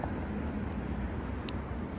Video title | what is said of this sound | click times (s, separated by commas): Digitek 2 in 1 Wireless Mic Unboxing & Review - Best Budget Mic for Vlogging? | Click அப்படின்னு ஒரு sound வரும்ல இப்ப இது வந்து ஃபுல்லா அட்டாச் ஆயிடுச்சு. | 1.5 s